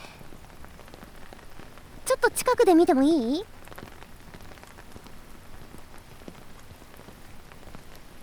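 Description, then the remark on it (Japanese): Steady rain patters on surfaces in a constant hiss for the whole stretch, falling where hydrangeas are blooming, while a voice speaks briefly over it early on. “雨に濡れてるアジサイは風情があっていいよね。”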